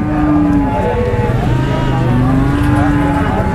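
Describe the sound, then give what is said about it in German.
Cattle low in long, drawn-out moos, overlapping one another above a steady background rumble of a busy weekly livestock market outside Kashgar, Xinjiang, China, where farmers drive sheep and cows in, with murmuring crowd noise. “Die Bauern aus der Umgebung kommen mit Traktoren und Eselskarren und treiben ihre Schafe und Kühe auf den Marktplatz.”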